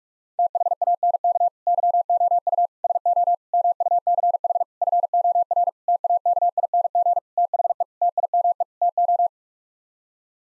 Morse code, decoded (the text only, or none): THANK YOU SO MUCH FOR TAKING THE TIME TO